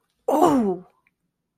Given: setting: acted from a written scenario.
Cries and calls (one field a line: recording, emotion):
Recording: vocal sound without words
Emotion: triumph